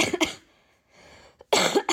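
A few harsh, explosive cough bursts in two clusters, separated by a quiet pause: a severe coughing fit in an adult woman.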